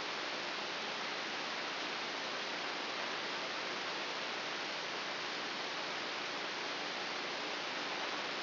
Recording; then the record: brain microelectrode recording played as sound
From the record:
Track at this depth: inside the subthalamic nucleus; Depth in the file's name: 2.204 mm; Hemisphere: right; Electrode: 3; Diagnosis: Parkinson's disease